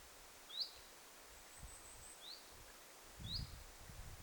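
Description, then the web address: Common chiffchaff giving three brief rising 'hweet' calls at irregular intervals, with faint rustling and low background noise. Recorded 3 September 2026; calling birds, apparently chiffchaffs, the most recorded so far. "paivat 3 9 2026 eniten tahan asti on ollut talleen aantelevia ilm tiltalttilintuja"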